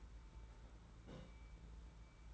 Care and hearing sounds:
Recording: daily activity, microphone in the room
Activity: place on stove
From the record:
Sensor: 3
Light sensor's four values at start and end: 25/75/31/26 and 25/75/31/26

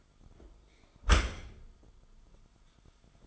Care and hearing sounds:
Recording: daily activity, microphone in the room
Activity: close dishwasher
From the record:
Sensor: 5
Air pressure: 1004.7 hPa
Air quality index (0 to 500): 92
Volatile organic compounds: 2 ppm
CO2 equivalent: 1114 ppm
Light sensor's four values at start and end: 33/76/31/30 and 32/73/30/29

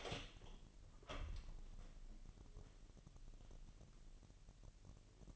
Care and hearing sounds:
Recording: daily activity, microphone in the room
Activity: open door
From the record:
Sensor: 4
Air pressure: 1002.0 hPa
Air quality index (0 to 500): 248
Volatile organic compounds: 41 ppm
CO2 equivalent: 3161 ppm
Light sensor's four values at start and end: 9/21/8/7 and 9/20/8/7

